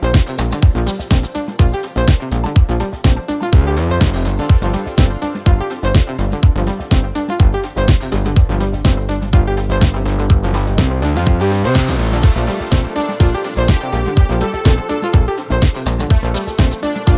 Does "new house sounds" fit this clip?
yes